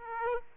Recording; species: mosquito wingbeat signal from an infrared sensor; Aedes aegypti